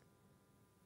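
The hinged post of a sterling silver hoop earring is being handled and closed down toward its catch, with only a low, steady background hum and no distinct sharp sounds. Nothing has seated or clicked yet; the clip ends just before the post goes home.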